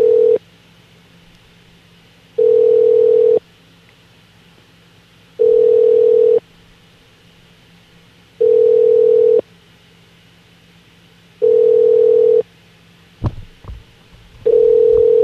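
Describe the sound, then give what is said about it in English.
A telephone ringing tone repeats six times in steady one-second bursts with two-second gaps, a loud mid-pitched electronic purr over faint hum, with a brief clatter near the end. “I hear a ringing.”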